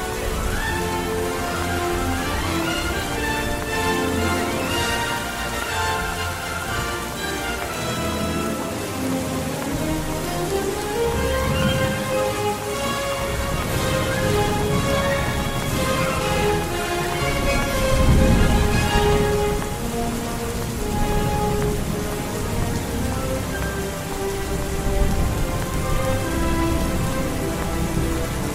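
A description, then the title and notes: Steady rain falls throughout while gentle music plays over it, with sustained notes shifting slowly. Around eighteen seconds a low rumble of thunder swells beneath the rain and fades. The overall level stays fairly even from start to finish. Music, rain, thunder.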